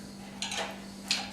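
A plastic drone landing leg is released from the drone body: the latch is pressed at 0.4 s with a sharp click, followed by a brief rattle. At 1.1 s a second sharp click is heard as the leg is pulled back out, leaving it detached from the body.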